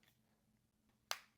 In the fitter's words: This right here turns and it locks in place.